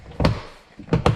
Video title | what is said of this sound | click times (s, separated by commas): Replacing Rear Window Motor 03-08 Honda Pilot | and it just clicks into place. | 0.2 s, 1.1 s